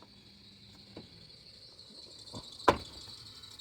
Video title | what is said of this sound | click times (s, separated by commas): Turn Signal Upgrade To Auxito LED On 7th Gen Maxima | it's locked into place | 2.7 s